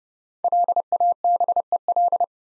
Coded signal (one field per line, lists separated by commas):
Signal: Morse code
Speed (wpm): 30 wpm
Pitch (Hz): 700 Hz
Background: none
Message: LABEL